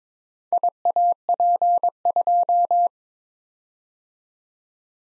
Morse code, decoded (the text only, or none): IAP2